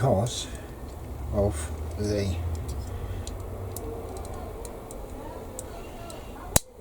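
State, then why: Seated. Someone talks while pressing a plastic part of a 1/16 scale Panther G tank main gun assembly onto its two mounting pegs, which let it fit only one way around. Faint ticks are heard along the way, then the part snaps home with a sharp click at 6.6 s, seated in place.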